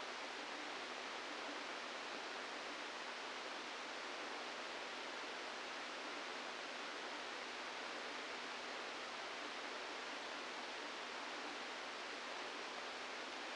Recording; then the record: brain microelectrode recording played as sound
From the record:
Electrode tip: outside the subthalamic nucleus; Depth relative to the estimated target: 2 mm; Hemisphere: left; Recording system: NeuroSet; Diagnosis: Parkinson's disease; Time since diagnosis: 17 years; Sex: male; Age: 64 years